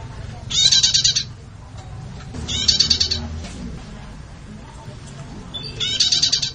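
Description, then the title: Bird song in three short, buzzy, rapidly pulsed high bursts separated by pauses, with a steady low rumble underneath. Labelled 'masteran'. "LuckyBurung MasteranBest"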